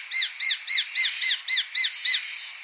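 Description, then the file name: Japanese sparrowhawk calling in a fast run of about eight sharp, arched notes, evenly spaced against a quiet hissy background. "Golosa ptic - YAponskij perepelyatnik Accipiter gularis"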